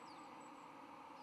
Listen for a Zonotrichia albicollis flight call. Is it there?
no